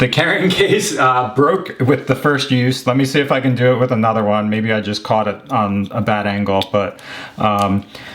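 Someone talks while handling a second small plastic toothbrush carrying case, after the first case broke on its first use, and starts to close its lid onto the base. Nothing has seated or clicked yet.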